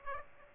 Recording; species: mosquito wingbeat signal from an infrared sensor; Aedes aegypti